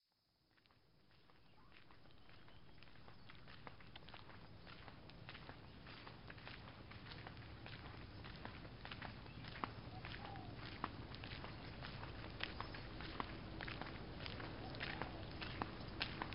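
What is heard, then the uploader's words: Footsteps on a coastal road in the morning, a steady quick crunch over low, constant rumble, fading in over the first two seconds. Indonesia - coastal road morning. Walking along the coastal road in the morning on the north end of the island of Nusa Lembongan, just southeast of the island of Bali, Indonesia.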